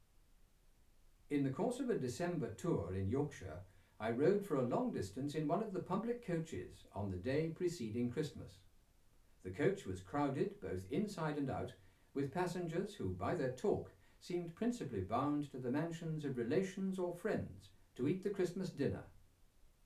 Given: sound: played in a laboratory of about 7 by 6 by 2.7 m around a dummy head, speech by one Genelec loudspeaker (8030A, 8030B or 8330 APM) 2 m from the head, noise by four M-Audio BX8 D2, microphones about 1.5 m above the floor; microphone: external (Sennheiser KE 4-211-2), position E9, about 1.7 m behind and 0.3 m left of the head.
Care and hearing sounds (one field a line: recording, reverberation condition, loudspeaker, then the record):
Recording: male speech in English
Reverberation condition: low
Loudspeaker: 90 degrees to the left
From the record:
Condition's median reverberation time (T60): about 310 ms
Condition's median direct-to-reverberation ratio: about 3.5 dB